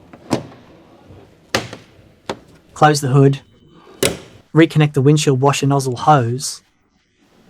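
On a 2023 Ford Bronco, the windshield washer nozzle hose connector is handled at the plastic fitting on the cowl while someone talks. A few short, sharp knocks are heard, the loudest at about 1.6 s, and the hose has not seated or clicked onto the washer nozzle fitting yet.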